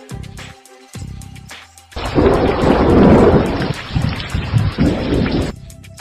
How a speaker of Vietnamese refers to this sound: Tiếng sấm nặng nề vang dội trên đỉnh đầu.